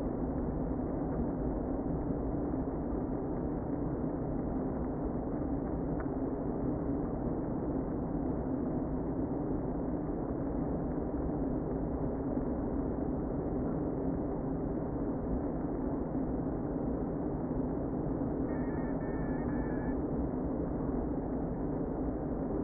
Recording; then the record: honeybee colony, microphone inside the hive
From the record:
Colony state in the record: queen present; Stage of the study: before two queens were removed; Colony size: about 60,000 bees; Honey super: yes